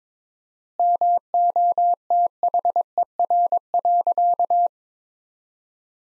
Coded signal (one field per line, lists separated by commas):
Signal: Morse code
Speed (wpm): 22 wpm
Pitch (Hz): 700 Hz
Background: none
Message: MOTHER.